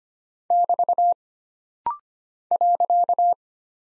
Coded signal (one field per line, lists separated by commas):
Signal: Morse code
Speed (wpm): 25 wpm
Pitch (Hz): 700 Hz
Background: none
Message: <BT> .